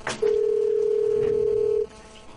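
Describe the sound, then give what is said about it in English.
A single steady electronic ringback tone from an outgoing phone call to someone in Madrid, held evenly for about a second and a half before cutting off, with faint background noise around it. “Right, call it.”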